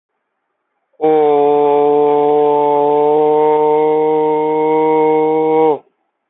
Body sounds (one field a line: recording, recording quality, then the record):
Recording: sustained vowel as in boot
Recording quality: excellent, no background noise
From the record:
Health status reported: healthy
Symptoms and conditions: none ticked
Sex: male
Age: 20 years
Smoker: not ticked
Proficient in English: yes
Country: India